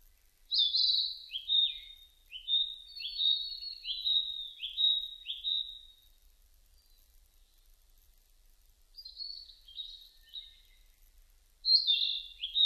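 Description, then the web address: Narcissus flycatcher song: a run of clear whistled notes, then a pause and two shorter phrases near the end. Recorded 30 April 2005. "2005 050430 kibitaki"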